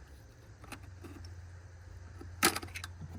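A plastic airbox piece on a Jeep Grand Cherokee is pushed sideways to unsnap it from the small post it clips onto, over a low steady hum. It pops free with a sharp snap at 2.4 s, followed by a couple of faint plastic ticks, and the clip comes off its post.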